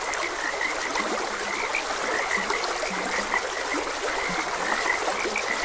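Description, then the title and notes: Frogs croak in a busy chorus, with several short low drawn notes standing out and high peeps above, while a stream trickles constantly. Frogs croaking beside a gentle stream. "Gentle Stream and Frogs Croaking. Sleep and Relaxation Podcast"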